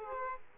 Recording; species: mosquito wingbeat signal from an infrared sensor; Aedes aegypti